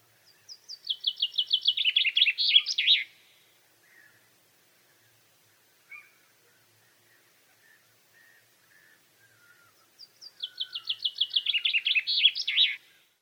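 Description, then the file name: Common chaffinch song: two bright descending trills, each ending in a short flourish, about ten seconds apart, with faint chips in between. "Fringilla coelebs"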